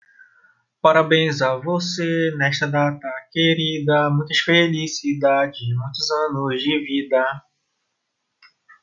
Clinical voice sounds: short text; Brazilian Portuguese; male; 30 to 39 years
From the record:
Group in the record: control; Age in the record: 31 years

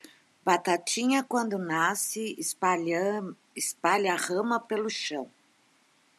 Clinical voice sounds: short text; Brazilian Portuguese; female; 60 to 69 years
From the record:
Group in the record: control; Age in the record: 67 years

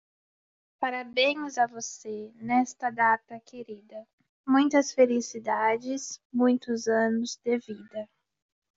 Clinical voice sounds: short text; Brazilian Portuguese; female; 20 to 29 years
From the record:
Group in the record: control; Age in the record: 20 years

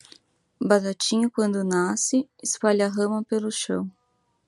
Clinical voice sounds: short text; Brazilian Portuguese; female; 20 to 29 years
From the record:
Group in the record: control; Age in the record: 29 years

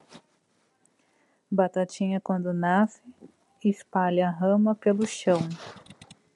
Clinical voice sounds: short text; Brazilian Portuguese; female; 30 to 39 years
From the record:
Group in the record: control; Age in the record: 37 years

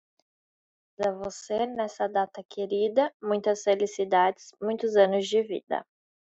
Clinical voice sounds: short text; Brazilian Portuguese; female; 20 to 29 years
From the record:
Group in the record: control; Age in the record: 27 years

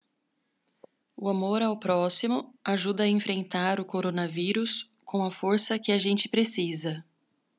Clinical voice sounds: spoken sentence; Brazilian Portuguese; female; 40 to 49 years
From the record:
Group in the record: control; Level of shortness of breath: 0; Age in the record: 41 years

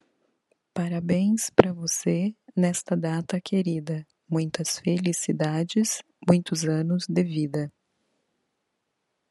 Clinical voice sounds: short text; Brazilian Portuguese; female; 40 to 49 years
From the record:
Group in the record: control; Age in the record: 47 years

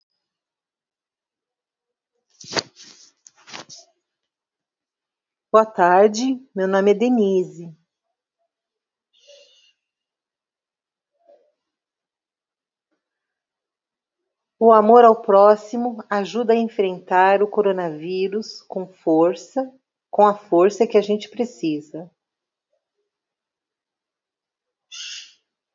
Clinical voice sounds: spoken sentence; Brazilian Portuguese; female; 50 to 59 years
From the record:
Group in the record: control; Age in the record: 54 years

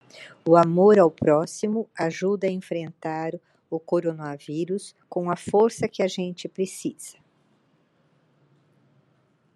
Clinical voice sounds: spoken sentence; Brazilian Portuguese; female; 70 to 79 years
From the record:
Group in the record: control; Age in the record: 75 years

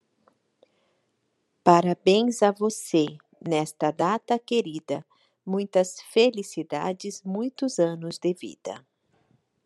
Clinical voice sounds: short text; Brazilian Portuguese; female; 40 to 49 years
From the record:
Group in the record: control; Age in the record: 49 years

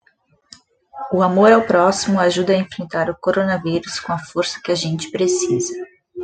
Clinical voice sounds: spoken sentence; Brazilian Portuguese; female; 40 to 49 years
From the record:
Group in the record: control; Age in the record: 40 years

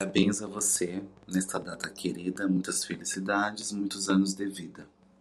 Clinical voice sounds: short text; Brazilian Portuguese; male; 30 to 39 years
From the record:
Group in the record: control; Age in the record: 31 years

